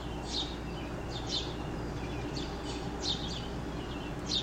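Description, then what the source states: House Sparrow chirps: several short bright chirps over a steady low background hum. Several house sparrows chirping in a backyard.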